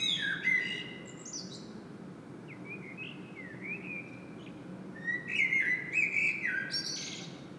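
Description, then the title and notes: Common blackbird singing, low fluted warbling phrases that end in thin, squeaky high twitters, with pauses between phrases over a steady low background hum. Blackbird singing at Saint-Gilles, Belgium; Sony PCM-M10 internal microphone. "Saint-Gilles, Belgique - Blackbird singing. Le merle chante. Sony PCM-M10 internal microphone"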